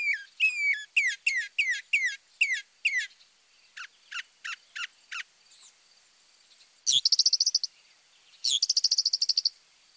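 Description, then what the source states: Northern Mockingbird song: looping slurred phrases repeated several times, a few sharper notes, then two harsh rattling bursts of rapid high notes. Mimic whose phrases are normally repeated three or more times; often sings at night, especially during the breeding season.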